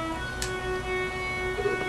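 A spring is pushed onto the correct end of a paintball marker's bolt during maintenance, and it snaps into place with a short, sharp click at 0.4 s. It is seated, since fitting it on the wrong way would give no snap. A steady tonal hum runs underneath, with a few faint knocks near the end.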